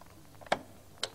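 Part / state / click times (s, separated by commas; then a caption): fuel filler cap on car filler neck / released / 0.5 s, 1.0 s. A fuel filler cap on the filler neck of a 1999 Jaguar S-Type is pressed and turned counterclockwise, giving two sharp ratchet-like snaps at 0.5 s and 1.0 s, each preceded by a faint softer tick. The cap releases with the snap.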